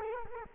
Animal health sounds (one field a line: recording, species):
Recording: mosquito wingbeat signal from an infrared sensor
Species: Culex quinquefasciatus